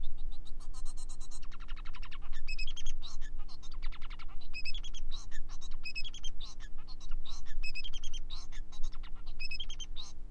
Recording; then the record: song of a male Bengalese finch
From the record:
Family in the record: son of father 4